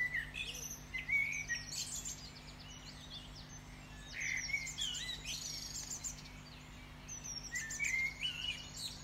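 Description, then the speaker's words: Common blackbird song of fluting whistled phrases mixed with higher twittering notes, other birds singing around, with a steady low hum beneath. Male singing at dawn in early May, at a local nature reserve beside the warden's cottage, during a dawn chorus walk. "I'm just standing beneath a beautiful male blackbird that's singing."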